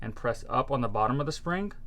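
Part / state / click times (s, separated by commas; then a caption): feed spring into paintball magazine body / not seated / none. A man talks while handling the follower spring of a plastic Tippmann TMC paintball magazine, which is meant to be pushed up from its bottom with an Allen key until it locks onto a small ledge inside the magazine body. Only talk is heard in this short stretch, and nothing has seated or clicked yet.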